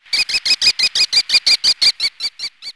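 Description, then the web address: Bird calls in a fast regular series of many short, sharp chirps, each with bright harmonic bands, the last few fading softer and spacing out. "特酷声音素材库 动物 鸟 Bird"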